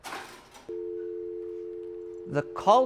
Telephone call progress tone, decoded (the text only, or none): dial tone